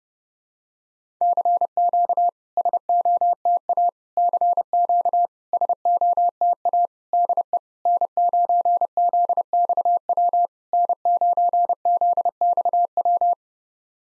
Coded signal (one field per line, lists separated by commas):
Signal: Morse code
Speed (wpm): 30 wpm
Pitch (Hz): 700 Hz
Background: none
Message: CQ SOTA CQ SOTA DE N9ZXW N9ZXW